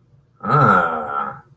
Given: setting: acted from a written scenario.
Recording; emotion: vocal sound without words; desire